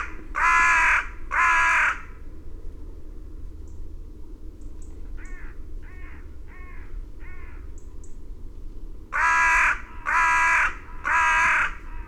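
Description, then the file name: Carrion crow giving harsh, hoarse caws: two loud ones, then a series of four fainter caws, then three loud caws in a row. "Corvus corone"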